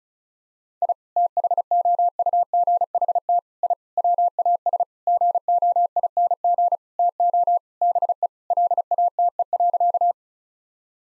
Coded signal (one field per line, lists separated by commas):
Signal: Morse code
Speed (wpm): 36 wpm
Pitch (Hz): 700 Hz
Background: none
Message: I THOUGHT I WAS GOING TO BE LATE.